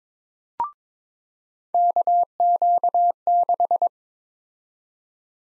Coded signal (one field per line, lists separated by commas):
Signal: Morse code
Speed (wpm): 21 wpm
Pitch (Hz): 700 Hz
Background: none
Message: KQ6